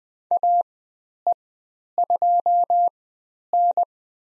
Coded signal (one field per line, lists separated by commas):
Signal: Morse code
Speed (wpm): 20 wpm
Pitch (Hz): 700 Hz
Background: none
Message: AE2N